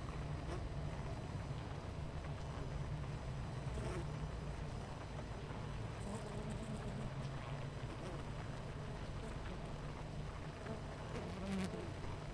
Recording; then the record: honeybee colony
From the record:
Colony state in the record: missing queen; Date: 14 July 2017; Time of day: 9:18